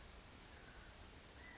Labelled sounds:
California Quail (Callipepla californica)
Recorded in Sonoma County, California

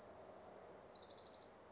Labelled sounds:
Orange-crowned Warbler (Leiothlypis celata)
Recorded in Sonoma County, California

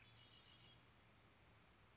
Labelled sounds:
Red-winged Blackbird (Agelaius phoeniceus)
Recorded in Sonoma County, California

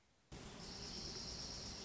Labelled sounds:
Dark-eyed Junco (Junco hyemalis)
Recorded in Sonoma County, California

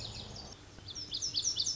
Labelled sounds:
Lazuli Bunting (Passerina amoena)
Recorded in Sonoma County, California

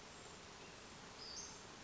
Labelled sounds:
Western Flycatcher (Empidonax difficilis)
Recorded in Sonoma County, California

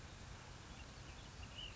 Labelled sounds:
Ash-throated Flycatcher (Myiarchus cinerascens)
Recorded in Sonoma County, California

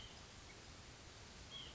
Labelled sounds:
White-breasted Nuthatch (Sitta carolinensis)
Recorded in Sonoma County, California

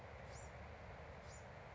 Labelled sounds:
Bewick's Wren (Thryomanes bewickii)
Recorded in Sonoma County, California

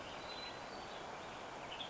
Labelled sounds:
Western Tanager (Piranga ludoviciana)
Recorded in Sonoma County, California

